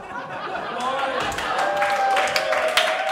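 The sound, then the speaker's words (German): A live audience in Dortmund claps steadily for about three seconds, the dense patter swelling slightly as it goes, with cheering voices and a few whoops mixed into the applause. “Diese Leistung hätte die Mannschaft gestern bringen müssen, die das Publikum heute bei uns bringt.”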